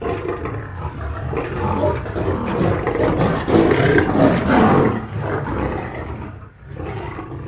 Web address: big cats|lions